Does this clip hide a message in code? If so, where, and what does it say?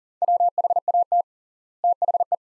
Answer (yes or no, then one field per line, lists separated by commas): yes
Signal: Morse code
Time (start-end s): 0.2-2.3 s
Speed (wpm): 40 wpm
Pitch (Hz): 700 Hz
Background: none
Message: WHAT THE